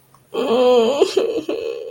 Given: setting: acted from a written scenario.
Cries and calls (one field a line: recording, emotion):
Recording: vocal sound without words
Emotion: disappointment